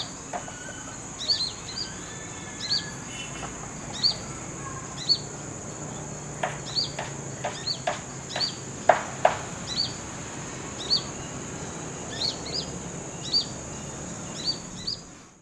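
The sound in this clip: Brown-throated sunbird giving short, high chirps repeated roughly once a second, mixed with sharp clicks midway and a steady high-pitched hiss throughout.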